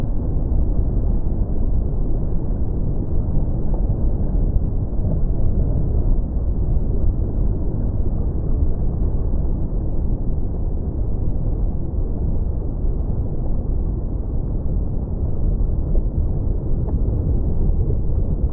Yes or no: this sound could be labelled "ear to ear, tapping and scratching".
no